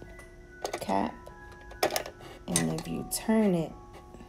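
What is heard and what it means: The metal latch or cap assembly of a hurricane oil lantern's globe is handled and turned against the lantern frame while someone talks over background music. A few brief handling knocks are heard, but nothing has seated or clicked yet.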